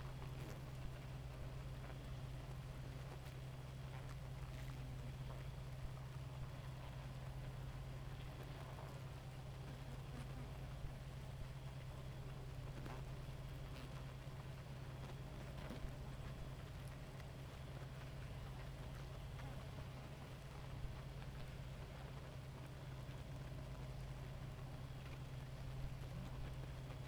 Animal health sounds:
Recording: honeybee colony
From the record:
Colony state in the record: active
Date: 28 July 2017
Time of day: 2:26

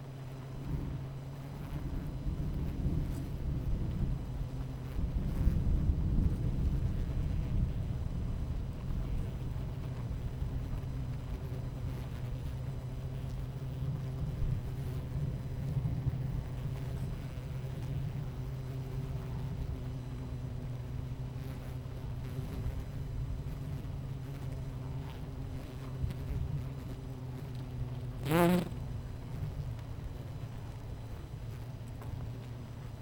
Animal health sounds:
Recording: honeybee colony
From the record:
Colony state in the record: missing queen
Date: 14 July 2017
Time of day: 11:14

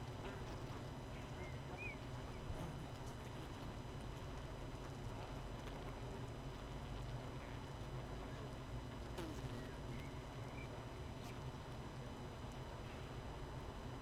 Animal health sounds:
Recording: honeybee colony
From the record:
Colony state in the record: missing queen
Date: 31 May 2018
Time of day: 18:45

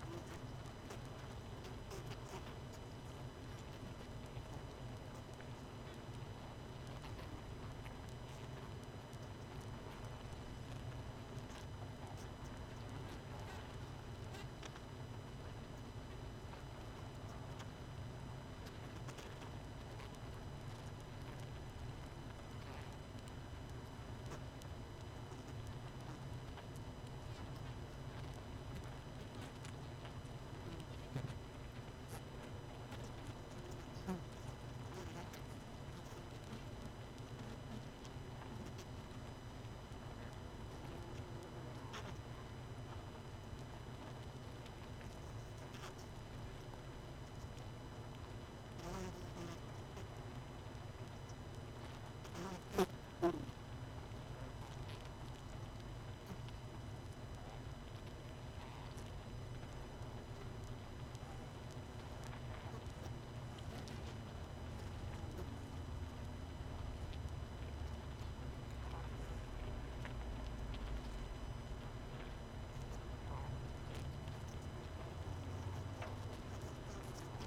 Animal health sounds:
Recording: honeybee colony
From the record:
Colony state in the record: missing queen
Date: 31 May 2018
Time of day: 21:08

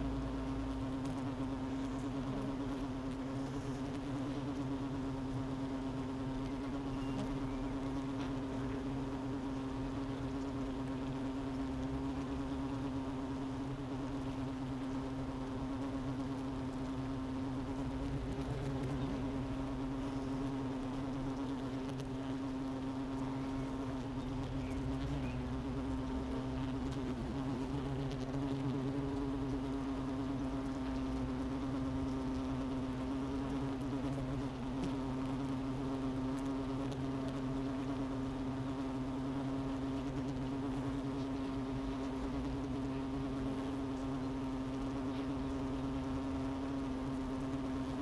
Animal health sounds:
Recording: honeybee colony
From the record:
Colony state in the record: missing queen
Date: 31 May 2018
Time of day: 11:16

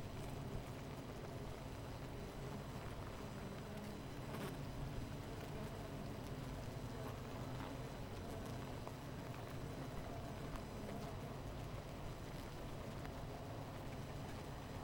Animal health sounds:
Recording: honeybee colony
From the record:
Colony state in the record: missing queen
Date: 14 July 2017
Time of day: 10:30

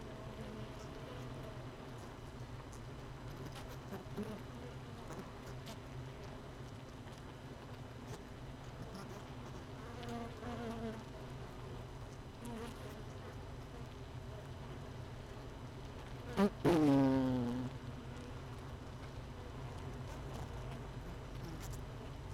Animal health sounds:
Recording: honeybee colony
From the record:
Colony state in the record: missing queen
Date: 31 May 2018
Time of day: 17:16

